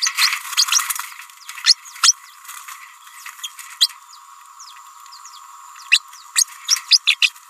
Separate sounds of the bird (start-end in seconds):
0.57-0.65, 1.64-1.76, 2.03-2.12, 3.43-3.49, 5.91-6.02, 6.35-6.45, 6.68-6.76, 6.90-6.99, 7.06-7.17, 7.21-7.33